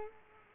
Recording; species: mosquito wingbeat signal from an infrared sensor; Culex quinquefasciatus